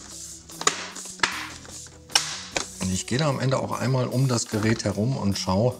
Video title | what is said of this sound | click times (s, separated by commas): HP Victus 16-e0000 von Innen - RAM, SSD, Akku, Lüfter wechseln | dass das hier alles wieder zugeht und einrastet und | 0.7 s, 1.2 s, 2.2 s, 2.6 s